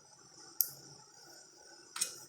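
A torque wrench is used on a cylinder head bolt of an International Harvester B275 tractor's BD144 engine, re-checking it to test whether one bolt was missed. A sharp click sounds at 0.6 s as the wrench reaches its setting, followed by a softer, broader burst of noise around 2.0 s over a steady high-pitched background hiss. The bolt is confirmed at torque.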